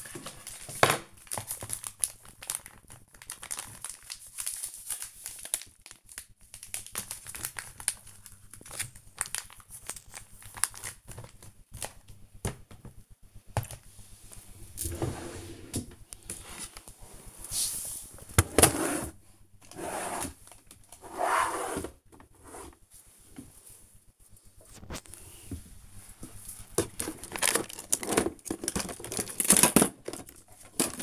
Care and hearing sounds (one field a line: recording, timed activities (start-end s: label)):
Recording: household activities, microphone on the right wrist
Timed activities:
0.00-31.03 s: tidy up the cupboard